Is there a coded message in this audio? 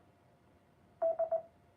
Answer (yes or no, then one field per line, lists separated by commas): no